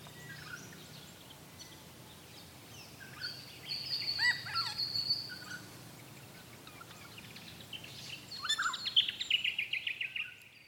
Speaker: And hear the sound of the regent honeyeater.